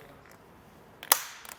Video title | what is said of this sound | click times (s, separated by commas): etrailer - Install: Inno Aero Flush Roof Rack for Naked Roofs on a 2022 Ford Maverick | and as we're tightening down those clamps we're going to listen for that same click as before | 1.1 s